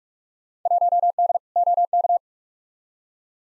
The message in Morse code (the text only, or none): 1D OK